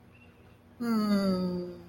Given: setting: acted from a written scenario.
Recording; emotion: vocal sound without words; serenity